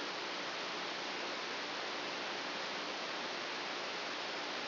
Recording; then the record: brain microelectrode recording played as sound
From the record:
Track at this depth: inside the subthalamic nucleus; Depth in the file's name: 3.503 mm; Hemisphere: right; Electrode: 2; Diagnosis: Parkinson's disease